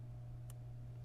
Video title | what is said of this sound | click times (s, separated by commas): HOW TO: Proper Automotive Sound Treatment - Part 3 - Door Cards | and you'll hear it click | 0.5 s